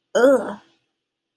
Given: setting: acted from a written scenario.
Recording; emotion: vocal sound without words; disgust